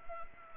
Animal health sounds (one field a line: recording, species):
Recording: mosquito wingbeat signal from an infrared sensor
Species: Culex pipiens